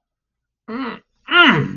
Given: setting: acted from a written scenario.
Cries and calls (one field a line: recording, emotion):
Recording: vocal sound without words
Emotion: elation